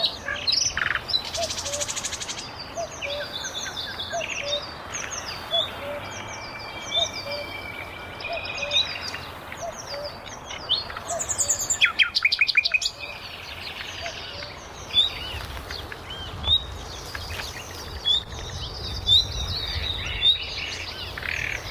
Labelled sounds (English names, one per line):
Common Nightingale song